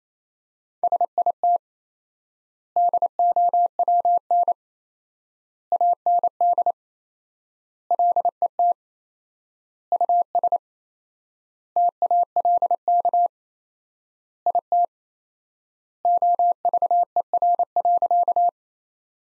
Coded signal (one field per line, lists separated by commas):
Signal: Morse code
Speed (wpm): 27 wpm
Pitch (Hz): 700 Hz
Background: none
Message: SIT DOWN AND LET US TALK IT OVER.